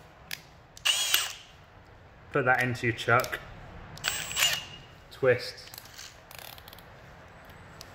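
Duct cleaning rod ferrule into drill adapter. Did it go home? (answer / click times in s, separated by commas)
yes / 7.8 s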